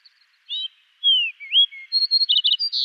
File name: Passerella iliaca song